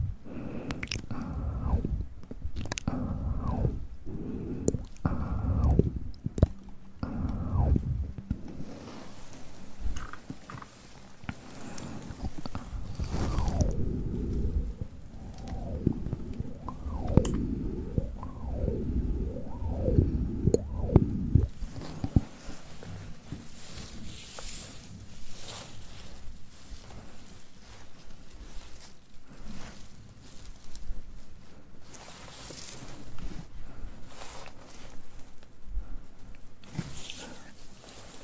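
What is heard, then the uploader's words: ASMR mouth sounds: wet clicks, smacks and squishy chewing-like noises come in dense, irregular bursts through the first twenty-two seconds, some with gliding pitch. After that the mouth sounds fade and a softer, steady rustling and brushing continues to the end. ASMR Mouth Sounds & Ear Play.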